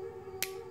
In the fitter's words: Escuchen. El clic. Tiene un clic de seguridad.